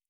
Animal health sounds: hydrophone in a shrimp aquaculture tank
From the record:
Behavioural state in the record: normal

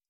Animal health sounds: hydrophone in a shrimp aquaculture tank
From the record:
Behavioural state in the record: stressed

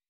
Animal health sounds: hydrophone in a shrimp aquaculture tank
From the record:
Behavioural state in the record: weakened

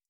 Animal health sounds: hydrophone in a shrimp aquaculture tank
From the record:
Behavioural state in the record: stressed

